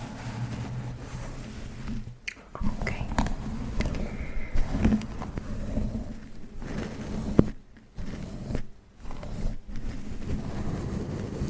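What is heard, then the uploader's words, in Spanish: Scratching and rubbing sounds of a hair massage, with fingers working through hair in uneven bursts. A low steady hum runs underneath, and the texture drops out briefly near 2, 8 and 9 seconds before the scratching resumes. JUEGO CON TU PELO ( Masaje capilar, rasquidos, peinandote ecc.)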